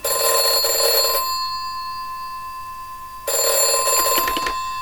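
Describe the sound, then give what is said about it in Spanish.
A telephone rings in two loud, rattling bursts separated by a pause of about two seconds, with a faint steady tone lingering between the rings: a call from Barcelona from brothers David and José Manuel Muñoz of a band. No one speaks. “Menos mal que sonó el teléfono.”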